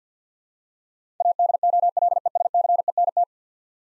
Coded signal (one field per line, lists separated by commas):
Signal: Morse code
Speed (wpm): 50 wpm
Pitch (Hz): 700 Hz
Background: none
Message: ADOLESCENT